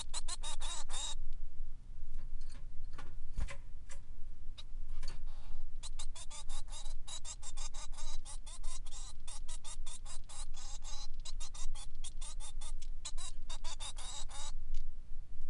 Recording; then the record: song of a male Bengalese finch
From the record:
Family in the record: son of father 3